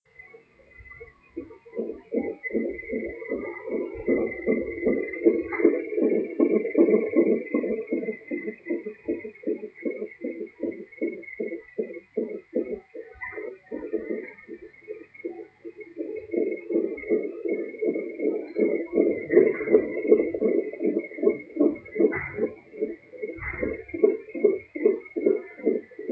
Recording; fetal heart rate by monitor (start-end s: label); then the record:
fetal heart sounds by stethoscope on the mother's abdomen
0.00-10.00 s: 155 bpm
10.00-20.00 s: 159 bpm
20.00-26.12 s: 150 bpm
From the record:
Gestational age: 35 weeks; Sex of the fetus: girl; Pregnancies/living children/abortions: 1/0/0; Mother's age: 27 years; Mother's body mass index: 32.0